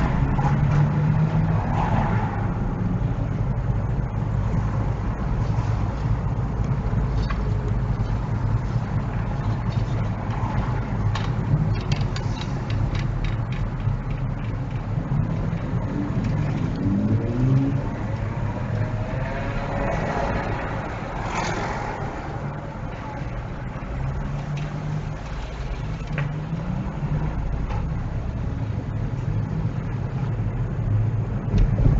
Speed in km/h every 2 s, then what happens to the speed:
16, 18, 18, 16, 16, 13, 13, 11, 10, 6, 5, 3, 5, 11, 15, 16.
0-8 steady at about 16. 8-19 slows to 5. 19-24 steady at about 5. 24-32 speeds up to 16.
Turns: none.